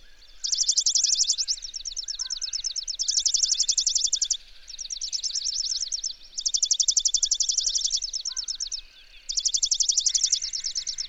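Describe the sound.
Bird song: steady series of rapid, high trilled bursts, each a second or more long, with short breaks between, and soft chirps underneath.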